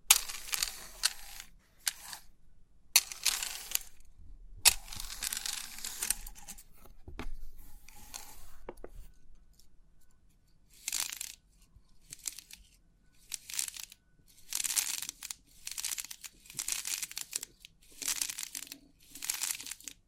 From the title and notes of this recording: Crisp 3D Pin Art Tingles(No Talking).